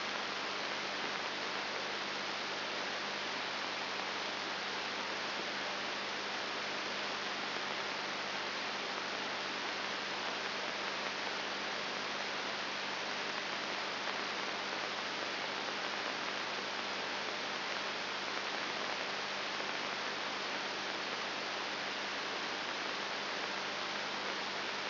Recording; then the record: brain microelectrode recording played as sound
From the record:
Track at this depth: inside the subthalamic nucleus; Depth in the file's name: 4.701 mm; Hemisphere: left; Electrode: 3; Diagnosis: Parkinson's disease